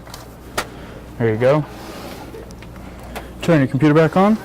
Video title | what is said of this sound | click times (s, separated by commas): Ram install tutorials | sure that little pin aligns with the gap and if it does just push it in snaps right into place there | 0.6 s